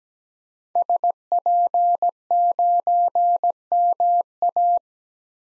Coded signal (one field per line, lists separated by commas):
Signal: Morse code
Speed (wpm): 17 wpm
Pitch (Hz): 700 Hz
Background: none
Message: SP9MA